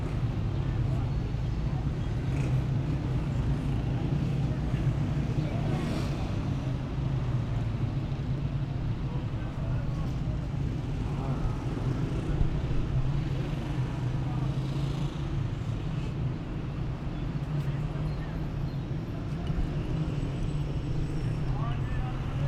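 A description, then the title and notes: A city gate soundscape: a steady low rumble of passing traffic with faint voices and occasional brief brighter noises, continuous throughout. Soundscapes of gates of Tehran, Sound artist: Vedad Famourzadeh. So, I decided to field record the Soundscapes of the non-places, of locations of the non-existing gates.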